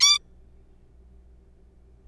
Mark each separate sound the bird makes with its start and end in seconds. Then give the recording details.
0.01-0.19. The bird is a juvenile. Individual R3428